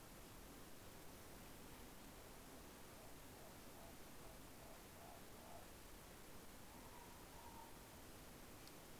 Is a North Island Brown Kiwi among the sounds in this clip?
no